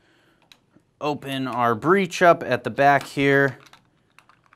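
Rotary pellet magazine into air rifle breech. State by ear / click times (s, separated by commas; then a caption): seated / 4.2 s. A loaded rotary pellet magazine, its cover back on, is pushed into the opened breech of an FX Impact X MKII Compact PCP air rifle while someone talks. After the talking, a few faint ticks lead to a sharp snap at 4.2 s as the magazine locks in place, followed by small clicks.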